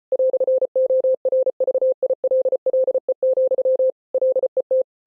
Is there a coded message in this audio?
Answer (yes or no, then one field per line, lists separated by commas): yes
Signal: Morse code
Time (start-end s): 0.1-4.8 s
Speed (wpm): 33 wpm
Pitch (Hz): 520 Hz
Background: none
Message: "ORVILLE, LET